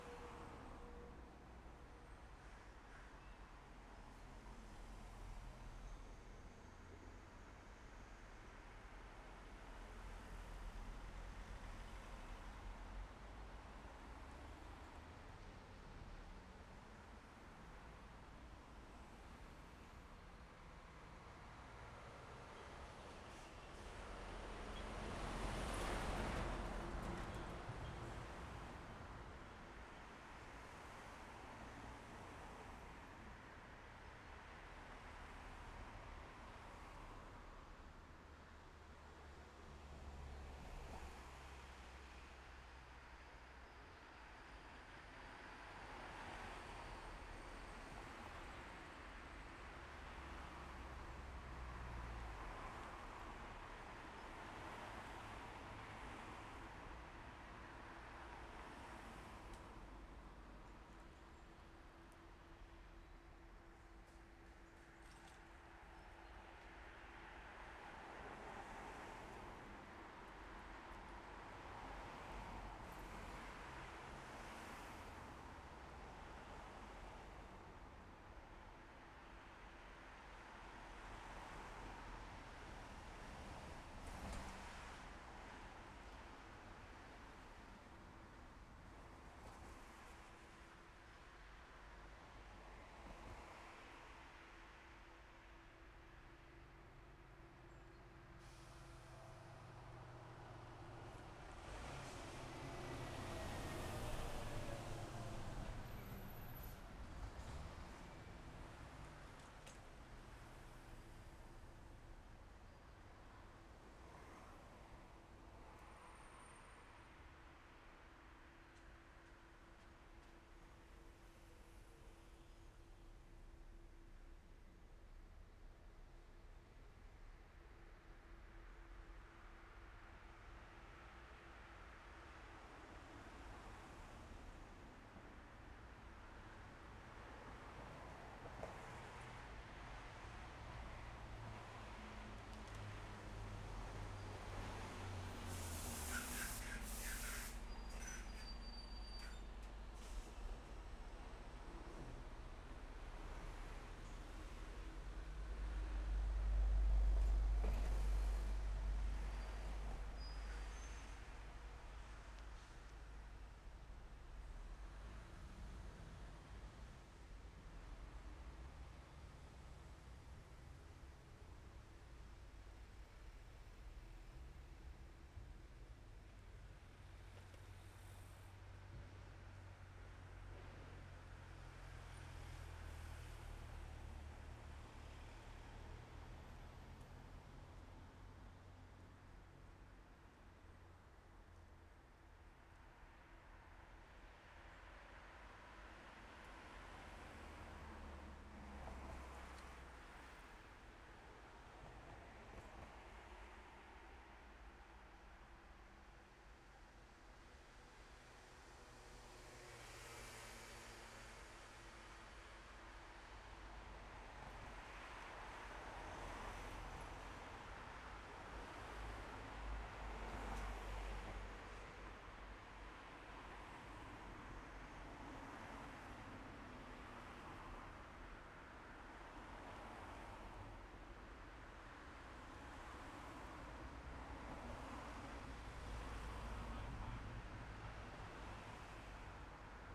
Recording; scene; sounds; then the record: everyday scene through a hearing-aid microphone; in traffic; traffic, machine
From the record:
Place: main road on the outskirts, rush hour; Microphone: behind the ear, left, front